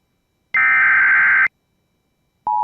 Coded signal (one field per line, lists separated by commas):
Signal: Emergency Alert System (SAME) tones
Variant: header bursts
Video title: Tornado Warning for Hardford, MD on WJON (EAS #38)